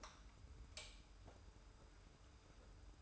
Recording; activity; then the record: daily activity, microphone in the room; light on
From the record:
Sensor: 2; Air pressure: 990.8 hPa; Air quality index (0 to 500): 121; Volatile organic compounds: 88 ppm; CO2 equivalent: 3674 ppm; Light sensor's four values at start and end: 25/60/24/24 and 30/78/31/31